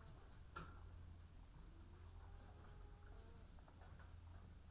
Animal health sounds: poultry house recording; sick chickens (respiratory disease)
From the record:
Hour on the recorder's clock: 13

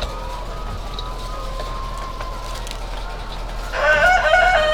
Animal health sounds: poultry house recording; healthy chickens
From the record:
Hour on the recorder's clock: 22

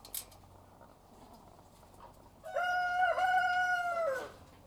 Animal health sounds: poultry house recording; sick chickens (respiratory disease)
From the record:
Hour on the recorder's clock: 13

